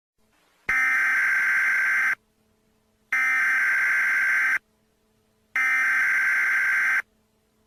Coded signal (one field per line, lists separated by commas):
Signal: Emergency Alert System (SAME) tones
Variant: header bursts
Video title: What if ImLeqit_PvP hacked the Emergency Alert System? (1)